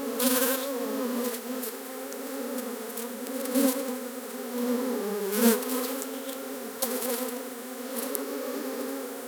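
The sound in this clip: Insect buzzing in a continuous low droning hum, its pitch briefly dipping midway, with scattered sharp clicks and taps throughout.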